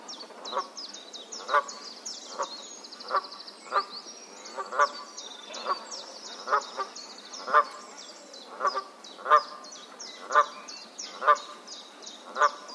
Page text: Канадская казарка (Branta canadensis)